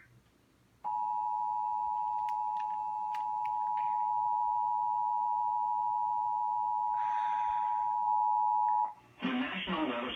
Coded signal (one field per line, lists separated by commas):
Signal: Emergency Alert System (SAME) tones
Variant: 853 and 960 Hz attention tone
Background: speech, music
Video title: Flash Flood Warning on TV! (Late EAS 22)